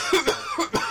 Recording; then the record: coughing mixed with background sound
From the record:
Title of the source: Dry Coughing Fit in the Afternoon.